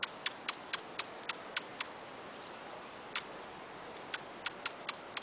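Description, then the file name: Hummingbird giving sharp, high ticking chips, repeated roughly every quarter second in runs, broken by a gap of over two seconds that holds a single chip. "Beija flor"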